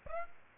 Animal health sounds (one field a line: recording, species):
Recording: mosquito wingbeat signal from an infrared sensor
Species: Aedes aegypti